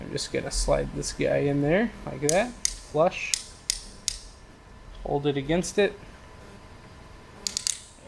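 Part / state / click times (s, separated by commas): BNC centre pin crimped onto coax conductor with a ratchet crimper / torque reached / 7.5 s, 7.6 s, 7.7 s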